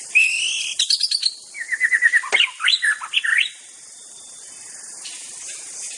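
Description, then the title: White-rumped shama singing a rich burst of whistled phrases, quick repeated notes and sharp slurs for about three seconds, then quiet. Wild bird from the forest. "Suara burung murai batu asli hutan"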